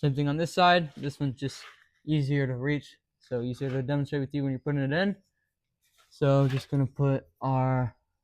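Someone talks while an oxygen sensor's electrical plug is handled near its mating wiring harness connector on a 2010 Chevrolet Camaro LT during an O2 sensor change, on the side that is easier to reach. Only speech is heard, and the plug has not yet seated or clicked into the connector.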